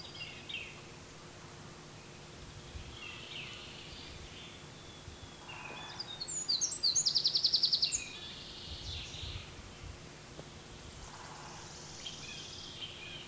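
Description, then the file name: Eurasian wren giving a rapid, evenly spaced trill of high, sharp notes lasting over a second, with faint scattered bird notes and a steady low hum in the background. "Troglodytes troglodytes"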